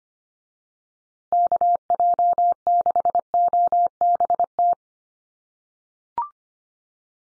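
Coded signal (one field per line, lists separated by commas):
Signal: Morse code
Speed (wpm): 25 wpm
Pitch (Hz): 700 Hz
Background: none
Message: KJ6OBT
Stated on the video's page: Morse code drill at 25 wpm: USA call signs each sent three times for head-copy practice, then spoken, then sent again.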